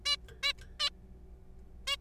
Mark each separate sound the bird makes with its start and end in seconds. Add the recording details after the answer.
0.06-0.16, 0.43-0.53, 0.80-0.89, 1.87-1.97. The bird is a juvenile. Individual R3428